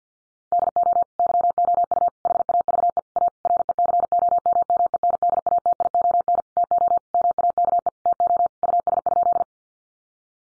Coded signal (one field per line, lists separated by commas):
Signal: Morse code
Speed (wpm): 48 wpm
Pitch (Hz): 700 Hz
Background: none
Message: DO YOU HAVE A RECOMMENDATION TO MAKE TO US?